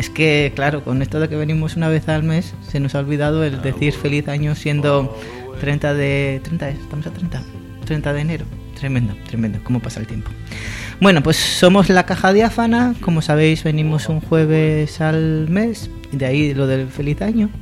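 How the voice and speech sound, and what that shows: A man speaks fluent, clear Spanish at an easy pace with lively intonation; an ordinary, unremarkable voice.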